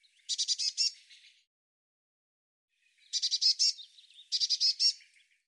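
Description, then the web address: Bird calls: three bursts of rapid buzzy notes, the last two close together, each fading into softer twittering. "cianscape birddata Deverinetal 2025 Bird Cy Ca Cy Ca"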